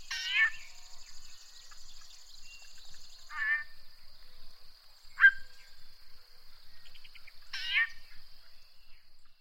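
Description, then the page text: Yellow-breasted chat song: harsh, nasal, mewing notes in separate bursts a few seconds apart, with a short sharp note between, over a steady high-pitched hum. "Chris Parrish - Иктерия (Icteria virens)"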